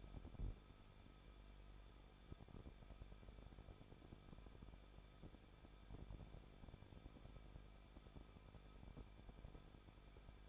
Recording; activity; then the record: daily activity, microphone in the room; no activity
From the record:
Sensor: 5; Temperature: 20.8 degrees Celsius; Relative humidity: 38.5%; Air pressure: 1006.5 hPa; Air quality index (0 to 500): 191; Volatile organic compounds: 20 ppm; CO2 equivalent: 2701 ppm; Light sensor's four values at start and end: 2/3/1/1 and 2/3/1/1